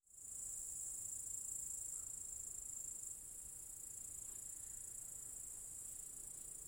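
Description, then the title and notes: Cicadas making a constant high, hissing drone that rises quickly at the start and then stays level, with soft low background noise. Cicadas in an apple tree orchard at Zalensų Sodybos, Lithuania, recorded on 23 August 2015. "Cicadas (Zalensų Sodybos, Lithuania, August 23rd, 2015). Cicadas in a apple tree orchard"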